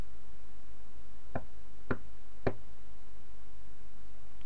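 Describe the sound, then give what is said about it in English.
Three sharp, evenly spaced knocks on a door, each a short crisp rap about half a second apart, standing out against a faint steady hiss with no voices. “There is a knock at the door.”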